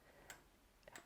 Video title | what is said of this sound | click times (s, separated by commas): Review Of The Axminster Trade AT540PD Floor Pillar Drill From A Blind Person's Perspective | don't know if you can hear this in the camera but that little click | 0.3 s, 1.0 s